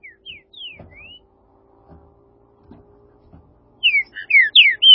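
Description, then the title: Green-winged saltator song: a few faint, slurred whistles early on, then a loud burst of rich, descending whistled notes near the end, with soft low knocks between. "Trinca Ferro"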